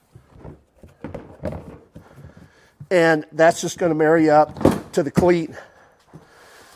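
The plastic cleat of a Makita MAKTRAK extension tool box (model 90021) is lined up with the matching cleat on the slid-out handle of a rolling tool chest, with a few short plastic knocks and thunks around 1.0–1.5 s. Someone talks over the handling, and nothing has seated or clicked yet.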